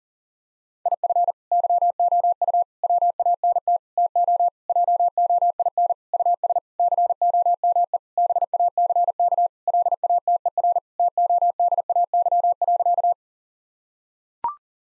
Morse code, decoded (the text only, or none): IF YOU WANT TO JOIN US COME BACK LATER TODAY.